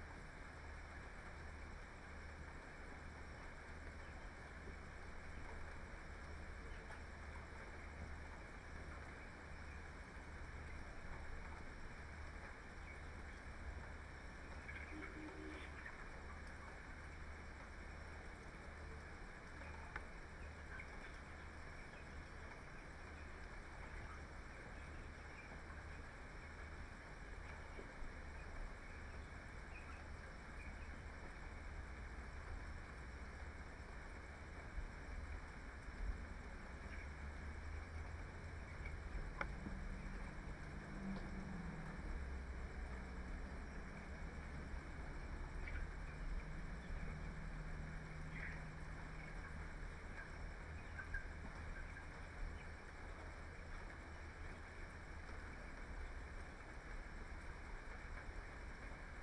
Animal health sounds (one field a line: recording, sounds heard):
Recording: poultry house recording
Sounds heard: healthy chickens